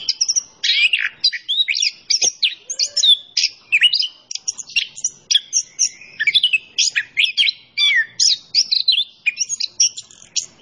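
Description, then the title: Orange-headed thrush in full song, dense bursts of high chattering notes, trills and swooping whistles repeated in quick phrases. Singing vigorously (gacor); masteran training song for teaching songbirds; kicau mania hobby. "Anis Kembang Gacor. Kicau Mania Masteran Anis Kembang ORIGINAL"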